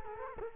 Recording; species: mosquito wingbeat signal from an infrared sensor; Culex quinquefasciatus